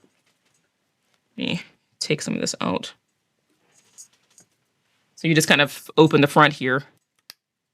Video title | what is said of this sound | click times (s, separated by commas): Mid-Year DIY Planner 📖 Cover Refresh✨ | and then it snaps back in place. | 7.3 s